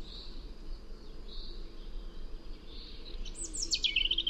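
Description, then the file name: European robin giving a quick, bright phrase of high looping notes near the end, after faint, thin, drawn-out tones, over low steady background noise. "Erithacus rubecula"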